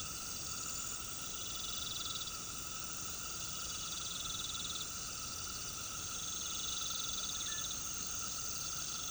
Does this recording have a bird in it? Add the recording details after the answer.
no. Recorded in pastures near Puerto Asís, Putumayo, Colombia, on 8 March 2025 at 18:30. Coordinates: 0.486, -76.323. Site G075